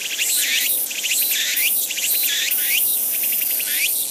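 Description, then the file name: Walker's cicada song: shrill, rhythmic phrases, each a quick series of pulses ending in an upward sweep, repeated in quick succession without pause. "tutuhousi"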